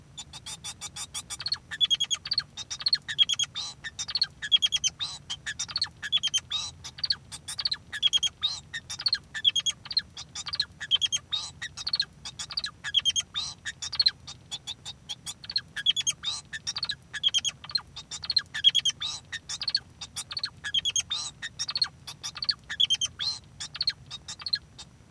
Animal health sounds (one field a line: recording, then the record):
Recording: song of a male Bengalese finch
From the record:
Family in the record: son of father 2